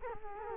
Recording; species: mosquito wingbeat signal from an infrared sensor; Culex quinquefasciatus